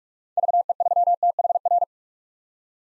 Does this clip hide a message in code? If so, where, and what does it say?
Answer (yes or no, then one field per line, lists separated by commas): yes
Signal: Morse code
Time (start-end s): 0.4-1.8 s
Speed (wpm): 46 wpm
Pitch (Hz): 700 Hz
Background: none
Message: VE3THR